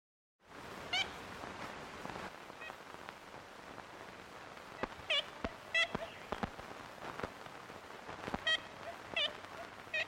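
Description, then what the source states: Ivory-billed Woodpecker calls, short nasal toots with stacked harmonics, repeated several times over a steady hiss with some faint clicks and taps. Archival recording made in April 1935 by an expedition team in old-growth forests and swamps; a wild female and male were found and watched.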